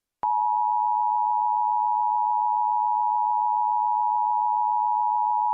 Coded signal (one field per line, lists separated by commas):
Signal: Emergency Alert System (SAME) tones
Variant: 853 and 960 Hz attention tone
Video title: Mock EAS Alert based on Blast Corps